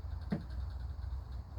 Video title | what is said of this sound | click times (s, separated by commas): Norwood HD36v2 milling up 8x8 beam out of trash. Threw a band as well (my fault)🤣. | click so one clicks here | 0.3 s